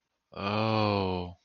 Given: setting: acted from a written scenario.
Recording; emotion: vocal sound without words; desire